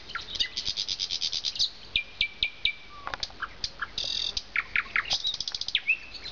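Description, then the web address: Nightingale singing: quick chattering notes, then separate sharp whistled notes and flicks, ending in a fast burst of repeated notes and a short whistle. "zvuki ptic solovey"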